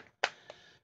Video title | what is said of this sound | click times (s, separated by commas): SHTF Review Of A Nice Battery Operated Compact LED Lantern - You Find A Use | you can hear it snap open close | 0.2 s